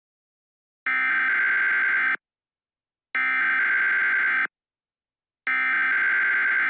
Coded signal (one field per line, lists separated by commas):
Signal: Emergency Alert System (SAME) tones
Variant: header bursts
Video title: "CAPTIVE" [EAS Mock]